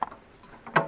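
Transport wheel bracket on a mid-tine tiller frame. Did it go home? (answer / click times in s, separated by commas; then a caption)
yes / 0.0 s, 0.8 s. The metal transport wheel bracket on a Grillo 3500 Motor Hoe mid-tine tiller frame is swung back down into its transport position. Sharp metal hits sound at 0.0 s and 0.8 s as it lands and pops into place. The wheel bracket locks and is seated.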